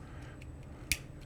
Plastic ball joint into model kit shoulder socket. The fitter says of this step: there's a ball joint in here that will snap in place